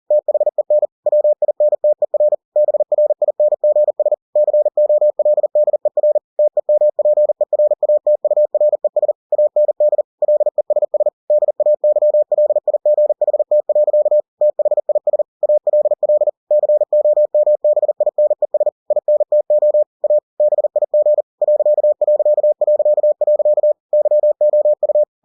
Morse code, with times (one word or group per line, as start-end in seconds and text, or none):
0.1-0.9 THEN
1.1-2.3 WINTER
2.6-4.1 BRINGS
4.4-6.2 COLDER
6.4-9.1 TEMPERATURES
9.3-10.0 AND
10.2-11.1 LESS
11.3-14.2 DAYLIGHT.
14.4-15.2 THIS
15.4-16.3 ALL
16.5-18.7 COMBINES
18.9-19.8 INTO
20.0-20.2 A
20.4-21.2 BIG
21.4-23.7 ....
23.9-25.0 YOU